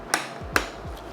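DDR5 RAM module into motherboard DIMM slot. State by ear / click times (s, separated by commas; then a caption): seated / 0.1 s, 0.6 s. DDR5 memory modules are pressed into the A2 and B2 motherboard DIMM slots until the plastic retention latches snap shut. Two sharp clicks are heard at 0.1 s and 0.6 s over a low background hum, and the modules are confirmed clicked into place.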